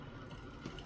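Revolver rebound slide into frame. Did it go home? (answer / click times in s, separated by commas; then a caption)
no / none. A rebound slide is pushed down over its pin into the frame of a new-style Smith & Wesson Model 629 .44 Magnum revolver with a pick or flathead screwdriver during reassembly. Only low, steady handling noise with a slight rumble is heard, plus a faint tap near the end. Nothing has seated or clicked yet.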